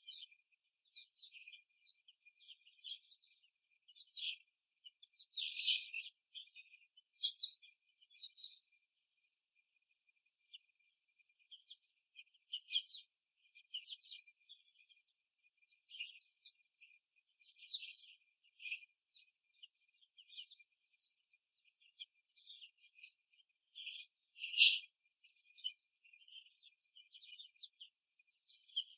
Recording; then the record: young laying hens in a cage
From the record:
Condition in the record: before the stressor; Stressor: simulated dog barking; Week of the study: 3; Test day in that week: 1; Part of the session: 4